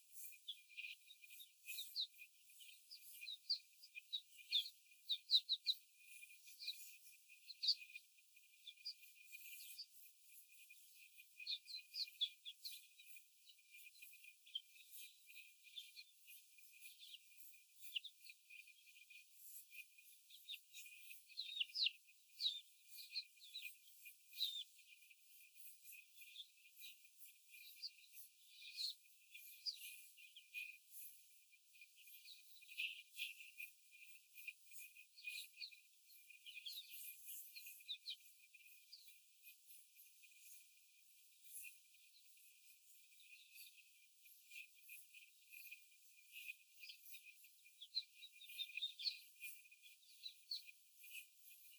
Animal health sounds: young laying hens in a cage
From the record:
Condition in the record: before the stressor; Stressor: simulated dog barking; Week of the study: 4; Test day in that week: 1

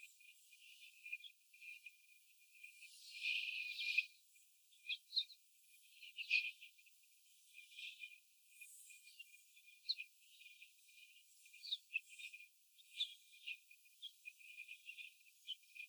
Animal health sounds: young laying hens in a cage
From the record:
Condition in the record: before the stressor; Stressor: simulated dog barking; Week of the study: 4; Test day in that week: 2

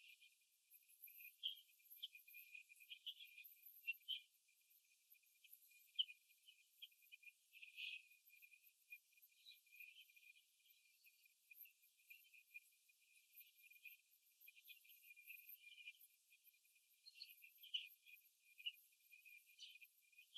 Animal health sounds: young laying hens in a cage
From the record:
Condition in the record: before the stressor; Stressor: simulated dog barking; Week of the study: 2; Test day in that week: 3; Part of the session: 3

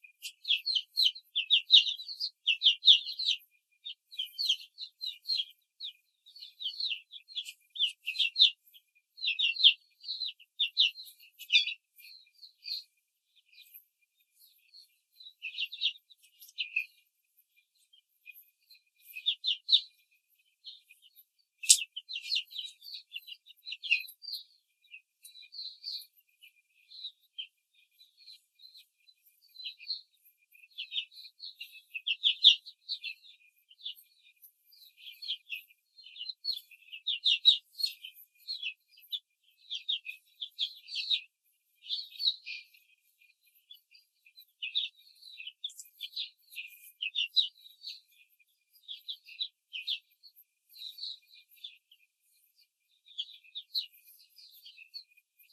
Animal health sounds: young laying hens in a cage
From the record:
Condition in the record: control cage, before the stress test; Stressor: none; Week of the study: 4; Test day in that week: 1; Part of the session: 1

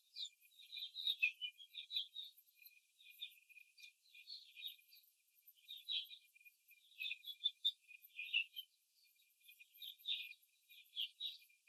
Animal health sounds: young laying hens in a cage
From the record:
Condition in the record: control cage, before the stress test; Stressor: none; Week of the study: 4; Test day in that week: 3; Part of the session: 1

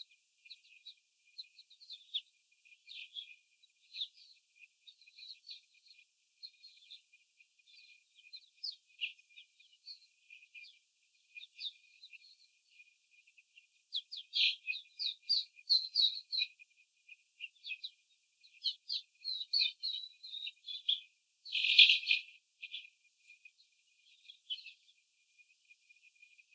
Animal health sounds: young laying hens in a cage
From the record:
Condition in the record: after the stressor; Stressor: simulated dog barking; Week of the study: 4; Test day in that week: 3

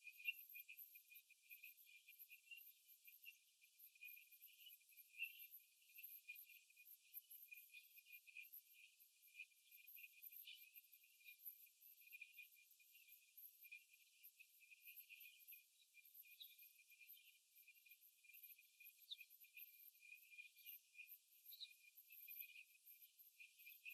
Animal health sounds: young laying hens in a cage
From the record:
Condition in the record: after the stressor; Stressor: simulated dog barking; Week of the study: 3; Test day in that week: 2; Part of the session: 1

